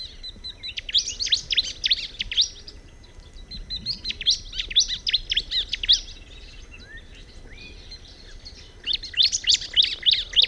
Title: Ciblek Pro